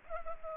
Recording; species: mosquito wingbeat signal from an infrared sensor; Culex pipiens